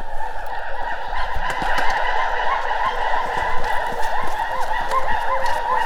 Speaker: 录到了长臂猿的声音，被发现了。